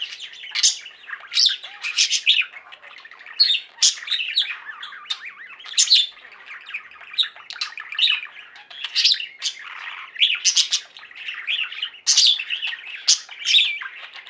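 Budgerigar warbling chatter: scratchy chirps, short squawks and bright trills running together without a break, with frequent louder bursts standing out.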